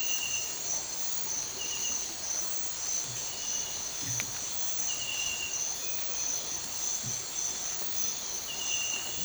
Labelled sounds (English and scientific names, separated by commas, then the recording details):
none
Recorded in dense forest near Puerto Asís, Putumayo, Colombia, on 20 December 2024 at 05:30
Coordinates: 0.467, -76.328
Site GP05